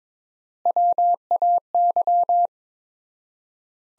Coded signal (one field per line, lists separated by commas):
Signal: Morse code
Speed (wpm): 22 wpm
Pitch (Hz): 700 Hz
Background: none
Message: WAY